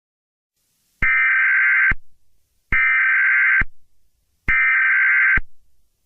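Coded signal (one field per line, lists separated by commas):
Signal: Emergency Alert System (SAME) tones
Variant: header bursts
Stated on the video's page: Fictional EAS scenario recreation, not a real alert.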